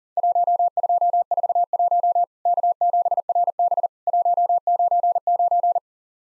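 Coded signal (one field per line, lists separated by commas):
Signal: Morse code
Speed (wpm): 43 wpm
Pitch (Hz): 700 Hz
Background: none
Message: 1241 K7RB 199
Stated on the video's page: Morse drill of Worked All Europe DX Contest QTC exchanges at 40 wpm, each sent in Morse, spoken, then sent again.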